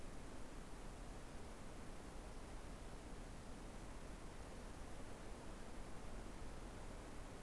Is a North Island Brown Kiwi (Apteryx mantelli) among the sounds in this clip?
no